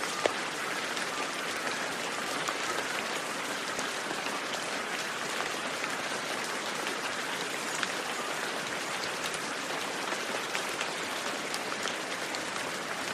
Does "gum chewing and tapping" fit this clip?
no